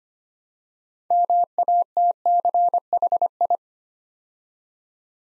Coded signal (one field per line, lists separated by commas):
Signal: Morse code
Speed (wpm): 25 wpm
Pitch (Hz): 700 Hz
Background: none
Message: MATCHI